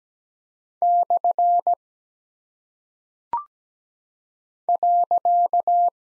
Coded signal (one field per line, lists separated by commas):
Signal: Morse code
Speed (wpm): 17 wpm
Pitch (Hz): 700 Hz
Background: none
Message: / .